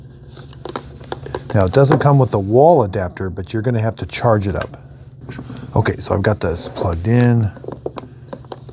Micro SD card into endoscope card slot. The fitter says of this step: push it in it should click into place